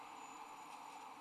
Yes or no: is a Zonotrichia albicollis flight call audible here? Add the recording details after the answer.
no. No flight call is heard. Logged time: 05:44 on 18 December 2014